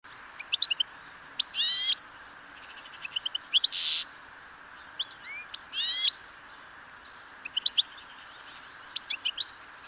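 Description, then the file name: European goldfinch calls: bright liquid twittering notes and short buzzy bursts in irregular clusters, with a steady background hiss throughout. "Carduelis carduelis"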